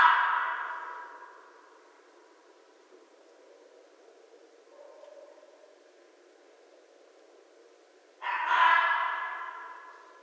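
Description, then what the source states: Red fox heard ending one harsh cry, then after a lull of several seconds giving another loud, rasping scream that fades out. Recorded 11 January 2012.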